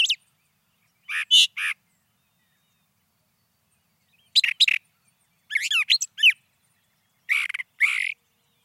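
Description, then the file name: Brown thrasher song: short varied phrases of bright chirps and slurred notes, in bursts separated by pauses of a few seconds. "suara kicauan brown thrasher. omkicau"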